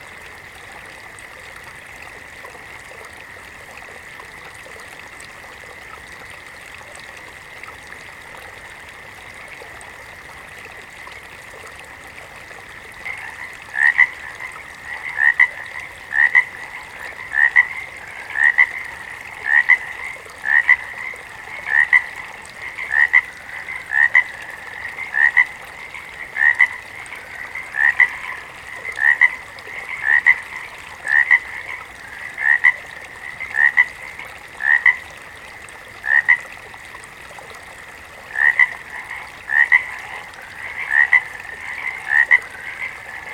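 Frogs call from a pond. A steady, high-pitched chorus of frogs hums throughout. From about 13 seconds, a frog starts a loud, regular croak about once a second and keeps that even rhythm to the end.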